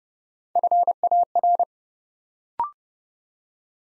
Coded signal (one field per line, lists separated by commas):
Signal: Morse code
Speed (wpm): 30 wpm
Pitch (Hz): 700 Hz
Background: none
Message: FAR